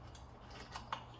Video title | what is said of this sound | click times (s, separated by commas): Chainsaw Chain Replacement and adjustment - Fast and easy DIY | you'll notice you heard the click just a moment ago. That click was this brake engaging. | 0.9 s